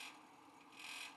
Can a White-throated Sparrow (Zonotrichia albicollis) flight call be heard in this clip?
no